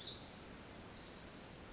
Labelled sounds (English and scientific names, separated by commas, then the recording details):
Pacific Wren (Troglodytes pacificus)
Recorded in Sonoma County, California